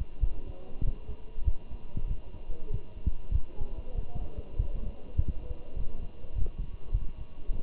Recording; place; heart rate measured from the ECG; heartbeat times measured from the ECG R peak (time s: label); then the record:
heart sounds by stethoscope; between the tricuspid and mitral areas; 99 bpm
0.21 s: heartbeat
0.84 s: heartbeat
1.45 s: heartbeat
2.08 s: heartbeat
2.71 s: heartbeat
3.33 s: heartbeat
3.95 s: heartbeat
4.57 s: heartbeat
5.17 s: heartbeat
5.77 s: heartbeat
6.35 s: heartbeat
6.92 s: heartbeat
7.50 s: heartbeat
From the record:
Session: walking at 3.7 km/h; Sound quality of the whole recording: good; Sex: male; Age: 23 years